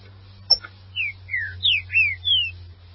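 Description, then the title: Green-winged saltator song: a sharp click, then five loud whistled notes sliding down, over a steady low hum. "Trinca Ferro"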